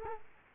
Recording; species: mosquito wingbeat signal from an infrared sensor; Culex quinquefasciatus